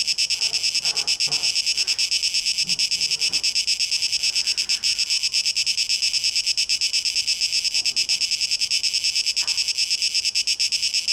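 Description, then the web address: Cicadas give a continuous high rasping drone, rhythmically pulsed. Recorded 12 August 2023; tape echo mix. "rauschpartikel Audio 2023-08-12 Zikaden (Tape Echo Mix)"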